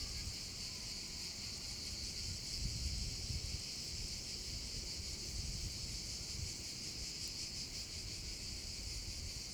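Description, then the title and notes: Cicadas buzzing in a steady, high, unbroken chorus over soft low background noise. Chorus of cicadas over the Vallo di Diano valley, Geoparco Padula, Italy; recorded with a Zoom H6 and MS capsule. "Geoparco Padula - Cicale sulla valle del Diano. Registrato con Zoom H6 e capsula MS"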